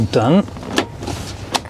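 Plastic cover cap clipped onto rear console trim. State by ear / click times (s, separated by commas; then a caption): seated / 0.8 s. Someone talks as a plastic cover cap with clips, fitted over the rear media display mount in a Tesla Model 3/Y, is pressed onto the center console trim. It snaps in with one sharp click at 0.8 s, and the cap is seated and latched.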